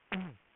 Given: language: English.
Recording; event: throat vibration sensor signal played as sound; throat clearing